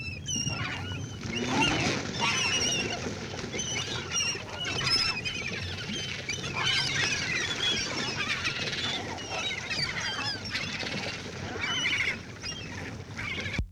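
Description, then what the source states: Gulls calling in a busy chorus of shrill, wavering yelps that rise and fall, layered over a constant low-pitched hum. Chattering.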